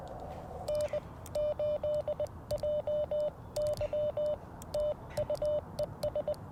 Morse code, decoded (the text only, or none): N8JY TU ES